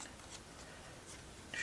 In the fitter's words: should just pop into place yeah